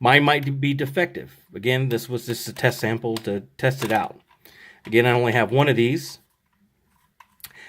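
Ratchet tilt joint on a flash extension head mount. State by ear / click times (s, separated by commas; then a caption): released / 7.2 s, 7.4 s. Someone talks for about six seconds, then the ratchet tilt joint on the mount of a Godox EC200 flash extension head is pushed in and disengages. Two small ratchet-tooth clicks are heard at 7.2 and 7.4 seconds as the tilt head releases.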